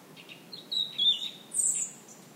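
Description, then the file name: European robin song, a thin high whistled note sliding along, followed by a very high twittering flourish. "Erithacus rubecula"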